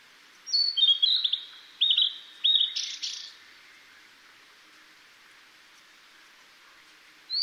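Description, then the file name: Blue-and-white flycatcher song: a sequence of clear whistled notes, some sliding down, ending in a brief burry flourish, then a new phrase starting at the end. "ooruri"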